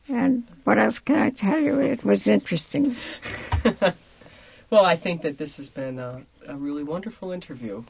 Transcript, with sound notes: And what else can I tell you? It was interesting. (laughs)
(he laughs) Well, I think that this has been a, a really wonderful interview.